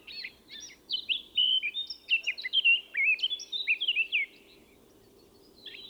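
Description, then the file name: Eurasian blackcap song, a lively warble of fluted, slurred notes lasting about four seconds, then quiet before a new phrase starts, with a low hum underneath. "Sylvia atricapilla"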